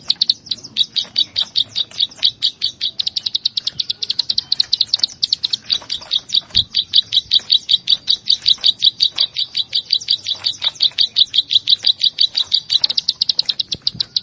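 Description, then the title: Plain Prinia singing a long unbroken series of sharp, buzzy clicks at a quick pace throughout. "Ciblek Sawah"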